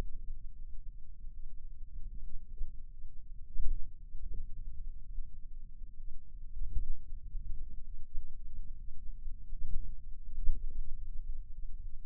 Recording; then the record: forearm muscle sounds (acoustic myography)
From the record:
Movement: wrist flexion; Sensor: system 2, bracelet of six BSWA MPA416 microphones around the upper forearm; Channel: 1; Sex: male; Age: 22 years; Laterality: right